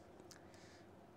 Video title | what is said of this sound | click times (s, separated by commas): Agora Models 1:18 scale Mitsubishi A6M Zero Fighter partwork kit pack 7 stages 54 through 61 | she should snap right in uh into these five holes | 0.3 s